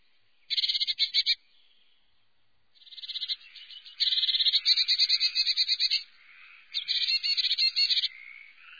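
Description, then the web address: Eurasian blue tit calls: fast ticking trills of repeated high notes, a scratchy churring phrase, then further long trills. Songs and calls. "chants et cris mesangebleue"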